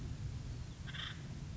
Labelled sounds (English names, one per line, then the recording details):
Acorn Woodpecker
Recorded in Sonoma County, California